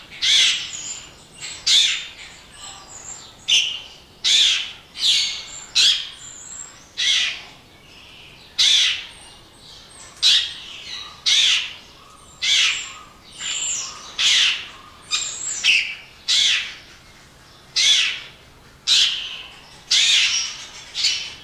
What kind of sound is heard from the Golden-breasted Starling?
song